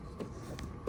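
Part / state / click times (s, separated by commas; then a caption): LED headlight bulb into headlamp housing / not seated / none. An H11 LED headlight bulb is being handled at the plastic headlamp housing of a Prius while it is pushed in to be twisted and locked like a regular halogen bulb. A low hum runs throughout, broken by a short tick at 0.6 s and a brief louder knock at 0.9 s as the clip ends. Nothing has seated or clicked yet.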